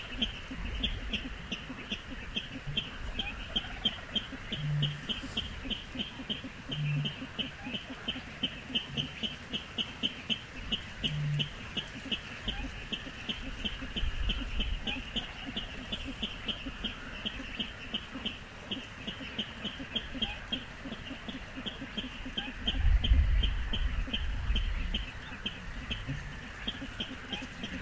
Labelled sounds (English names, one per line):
Little Crake call